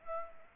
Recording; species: mosquito wingbeat signal from an infrared sensor; Aedes aegypti